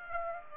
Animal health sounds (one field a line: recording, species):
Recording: mosquito wingbeat signal from an infrared sensor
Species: Aedes aegypti